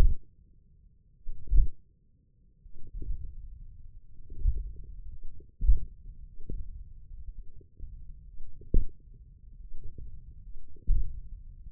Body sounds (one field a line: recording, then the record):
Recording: forearm muscle sounds (acoustic myography)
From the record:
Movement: radial deviation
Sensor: system 1, eight BSWA MPA416 microphones around the upper forearm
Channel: 4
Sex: male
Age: 20 years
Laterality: left